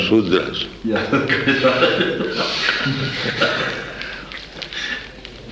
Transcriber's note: indian man laughs